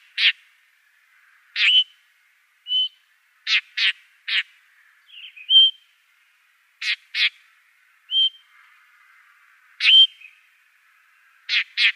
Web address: Schulze Peter Blackstart calls